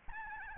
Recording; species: mosquito wingbeat signal from an infrared sensor; Aedes albopictus